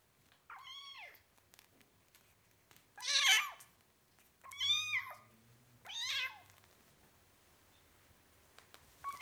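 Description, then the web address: Cat: kitten meowing repeatedly, several high, bending mews, some strained, with a low hum underneath. Four-week-old kitten, meowing. "BBC Sound Effects Library Cats Four Week Old Kitten, Meowing"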